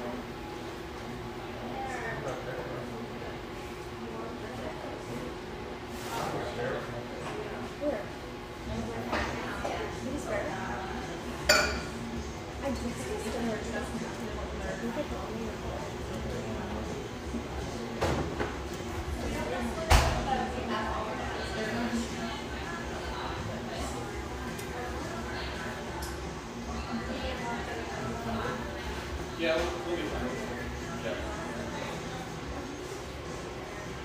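Lively coffeeshop ambience: a steady, dense murmur of overlapping voices runs throughout, with a low hum underneath. Sharp clinks of cups and dishes cut through now and then, loudest near 11 and 20 seconds, with smaller clatters scattered across the rest.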